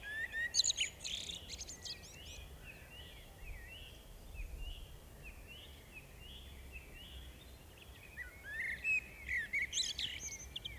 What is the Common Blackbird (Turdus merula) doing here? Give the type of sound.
song